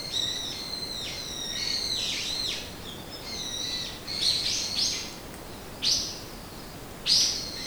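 Bird calling, high twittering chirps in short clusters, then a few sharp isolated notes spaced a second or more apart over soft background noise.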